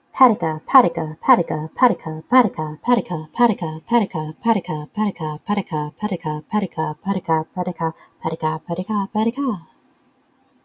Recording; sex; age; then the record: repeated syllables /pa ta ka/; female; 30 to 39 years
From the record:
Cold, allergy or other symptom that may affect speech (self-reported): no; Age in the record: 30 years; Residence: Minnesota, United States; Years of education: 15